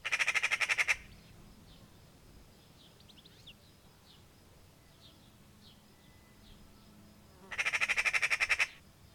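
Magpie chattering in a fast, grating rattle at the start, silence with soft faint bird chirps in between, then a second harsh rattle burst near the end.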